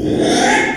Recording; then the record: squeal of a Yucatan mini pig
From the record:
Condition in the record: after surgery on the right vocal fold (resection and tissue-engineered implant); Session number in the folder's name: 3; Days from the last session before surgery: 33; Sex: male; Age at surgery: 12 weeks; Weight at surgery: 13 kg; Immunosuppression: cyclosporine, prednisolone